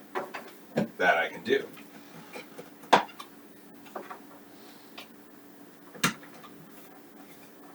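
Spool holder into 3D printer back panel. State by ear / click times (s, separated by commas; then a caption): not seated / none. A plastic spool holder is being inserted and pushed into the back panel of an Ultimaker 3 3D printer while someone talks. Handling knocks and taps sound at about 0.8, 3.2 and 6.0 seconds. The clip ends before the holder goes home, and nothing has seated or clicked yet.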